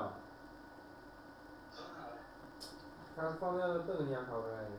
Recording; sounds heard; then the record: poultry house recording; no chicken sound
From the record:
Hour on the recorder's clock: 6